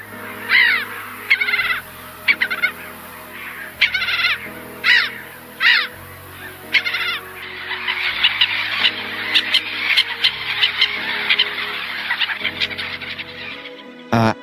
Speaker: Сейчас вы слышите голос озерной чайки.